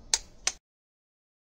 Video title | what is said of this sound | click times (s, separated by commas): Remplacement Bougies [NGK] et Bobines RS3 sur moteur 2.0 TSI/TFSI | de 25 mille tonnes mettre jusqu'à entendre le déclenchement de votre clé comme ceci | 0.1 s